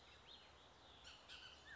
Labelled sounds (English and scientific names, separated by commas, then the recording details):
Bullock's Oriole (Icterus bullockii)
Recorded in Sonoma County, California